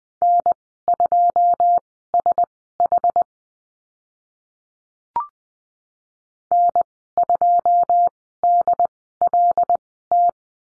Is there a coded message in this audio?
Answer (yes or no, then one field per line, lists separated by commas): yes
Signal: Morse code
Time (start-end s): 0.2-10.3 s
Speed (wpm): 20 wpm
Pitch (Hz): 700 Hz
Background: none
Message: N2SH N2DLT